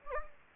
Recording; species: mosquito wingbeat signal from an infrared sensor; Anopheles gambiae